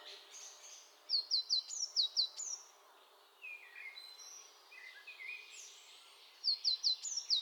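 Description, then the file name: Eurasian blue tit calling with quick, high, down-slurred notes in short runs, heard twice, while other birds twitter quietly in the background. "Cyanistes caeruleus"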